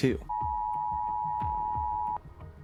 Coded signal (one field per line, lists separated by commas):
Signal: Emergency Alert System (SAME) tones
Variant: 853 and 960 Hz attention tone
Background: speech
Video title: Brit Reacts to Americas Creepiest & Rarest EAS Alerts (Featuring Real Events)